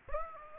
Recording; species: mosquito wingbeat signal from an infrared sensor; Aedes aegypti